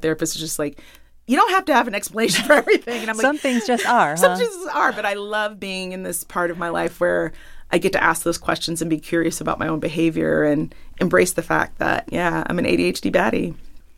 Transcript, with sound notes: My therapist is just like, you don't have to have an explanation for everything (laughter) and I'm like...
Some things just are.
Some things just are. But I love being in this part of my life where I get to ask those questions and be curious about my own behavior and embrace the fact that, yeah, I'm an ADHD baddie.